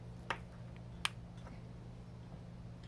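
A bearing seal is pushed around its edge into the groove of the outer ring of a Tesla rotor SKF hybrid ceramic ball bearing, with sharp clicks at 0.3 s and 1.05 s over a steady low hum. The seal snaps home and is seated right in place.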